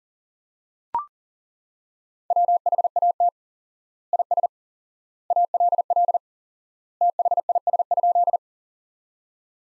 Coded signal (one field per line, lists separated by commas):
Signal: Morse code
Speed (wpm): 40 wpm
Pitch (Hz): 700 Hz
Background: none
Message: WHAT IS ALL THIS?